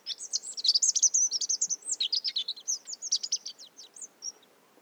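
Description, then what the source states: Rock Bunting song: a continuous high, tinkling twitter of quick, varied notes, fast and uneven, fading toward the end. Surprising pre-nuptial song; Montagne du Puy, Drôme, 1500 m, mixed conifer and oak forest, February 2020 morning; Nagra Seven and Telinga Pro7 stereo.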